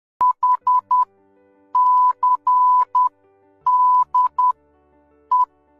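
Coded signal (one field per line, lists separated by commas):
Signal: Morse code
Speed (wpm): 10 wpm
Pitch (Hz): 1000 Hz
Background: none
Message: HCDE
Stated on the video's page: Morse code sent by tapping out sounds, demonstrated by a safety equipment maker.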